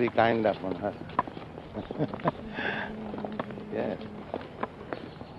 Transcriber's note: laughs